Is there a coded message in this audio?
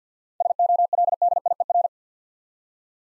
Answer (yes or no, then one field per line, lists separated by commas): yes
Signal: Morse code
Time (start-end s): 0.4-1.9 s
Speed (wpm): 47 wpm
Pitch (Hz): 700 Hz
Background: none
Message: SOLDIER